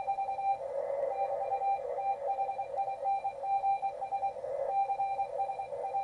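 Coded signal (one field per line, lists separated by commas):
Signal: RTTY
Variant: 45.5 baud, 170 Hz shift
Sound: rapid warbling between two close tones, the classic chattering teletype sound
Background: radio static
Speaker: the tone pairs we can do is 170 Hertz shift 425 or 850 170 is used by hams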